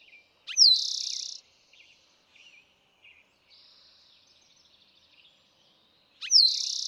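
Eastern towhee song with introductory notes and a fast trill, followed by soft scattered bird notes, then the song begins again at the end.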